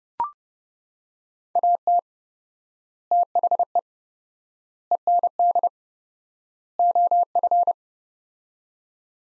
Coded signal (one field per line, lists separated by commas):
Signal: Morse code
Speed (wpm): 32 wpm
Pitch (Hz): 700 Hz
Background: none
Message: AT THE END OF